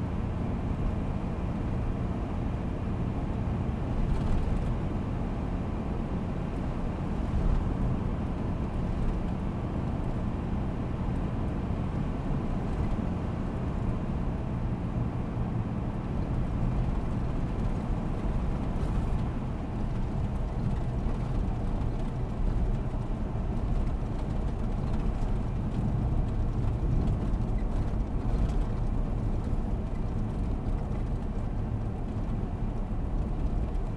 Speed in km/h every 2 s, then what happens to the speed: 88, 89, 89, 88, 87, 89, 87, 88, 88, 87, 86, 86, 83, 81, 79, 78, 77.
0-17 steady at about 88. 17-34 slows to 77.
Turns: none.